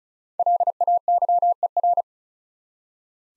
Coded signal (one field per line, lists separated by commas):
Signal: Morse code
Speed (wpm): 36 wpm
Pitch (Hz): 700 Hz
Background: none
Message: LAYER